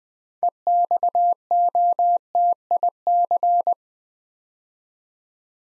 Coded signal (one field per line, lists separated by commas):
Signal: Morse code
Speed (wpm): 20 wpm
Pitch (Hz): 700 Hz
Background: none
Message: EXOTIC